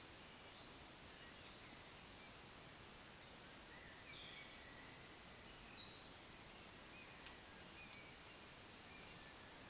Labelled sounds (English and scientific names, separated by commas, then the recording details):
Eurasian Woodcock (Scolopax rusticola) whistle
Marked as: whistle, whistle, whistle, whistle
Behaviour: display flight
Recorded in Baden-Württemberg, Germany, on 16 June 2020 at 19:33 UTC
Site 45520, 595 m above sea level